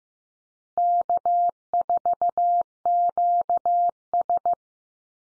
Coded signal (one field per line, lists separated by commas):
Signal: Morse code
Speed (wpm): 15 wpm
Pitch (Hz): 700 Hz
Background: none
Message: K4QS